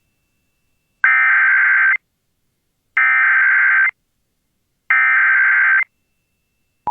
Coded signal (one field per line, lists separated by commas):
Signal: Emergency Alert System (SAME) tones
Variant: header bursts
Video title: EAS Child Abduction Emergency (DANGEROUS AMBER Alert!) Centerville, Missouri Statewide Alert